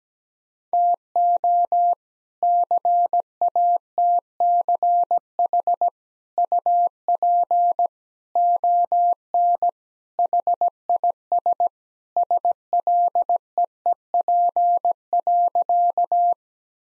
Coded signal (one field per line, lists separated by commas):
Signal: Morse code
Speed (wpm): 17 wpm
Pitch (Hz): 700 Hz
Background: none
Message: TO CATCH UP ON HIS SLEEP.